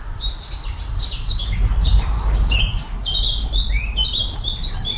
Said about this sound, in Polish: pan Andrzej nagrał dla nas ciszę w czasie ptasiej siesty w swoim ogrodzie